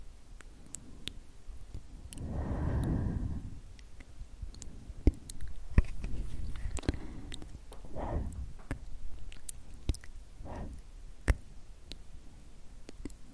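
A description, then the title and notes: Slow, tingly whispered "sksk" sounds swell in soft breathy bursts around 2, 6, 8 and 10 seconds, scattered with sharp mouth clicks. Super Slow & Tingly SkSk from Ear to Ear Sleepy ASMR for Relaxation & White Noise.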